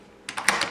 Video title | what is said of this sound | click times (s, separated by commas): #1 THOMPSON SUBMACHINE GUN MECHANISMS OF FUNCTION | that's the second click | 0.5 s